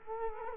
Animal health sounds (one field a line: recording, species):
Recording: mosquito wingbeat signal from an infrared sensor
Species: Culex quinquefasciatus